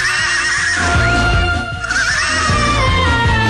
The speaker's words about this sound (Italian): il nitrito più rock di Europa